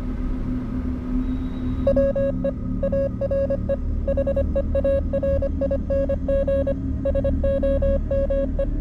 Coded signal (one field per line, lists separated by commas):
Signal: Morse code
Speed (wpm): 25 wpm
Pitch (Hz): 550 Hz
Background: music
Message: WE ARE HEARING SOME